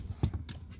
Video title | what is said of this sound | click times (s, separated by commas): Fix Your Broken VW Mirror Switch for Under $15 - QUICK AND SIMPLE! | on this section, and then you push the right side down and push it until it clicks. | 0.2 s, 0.5 s